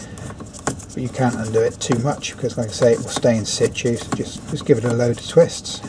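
A captive airbag retaining screw in the steering wheel of an Audi A4/S4/RS4 (B6/B7, 2001–2008) is being undone. It clicks sharply at 0.7 s as it reaches the end of its thread, a sign that it is already undone and stays in the wheel. Someone talks throughout.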